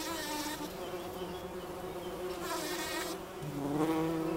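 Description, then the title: Bumblebee buzz that shifts in pitch, growing louder toward the end. Recorded in Wülfel, Hannover, Germany. "Wülfel, Hannover, Deutschland - Hummelgebrumm"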